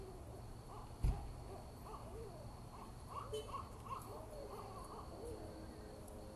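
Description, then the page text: Barred owl calling faintly in a series of wavering hoots, with a sharp knock near the start and a low background hum. Recorded in Maryland. "Maryland Biodiversity. Barred Owl ( Strix varia )"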